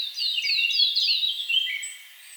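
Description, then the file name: Eurasian blackcap song: a quick, bright warbled phrase of sliding whistled notes, mostly descending, fading out near the end. "Sylvia atricapilla"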